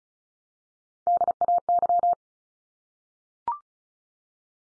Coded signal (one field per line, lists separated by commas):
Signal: Morse code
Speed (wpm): 34 wpm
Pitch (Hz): 700 Hz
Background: none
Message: DAY